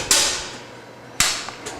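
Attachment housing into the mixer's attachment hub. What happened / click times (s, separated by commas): The metal housing locked onto the hub / 1.2 s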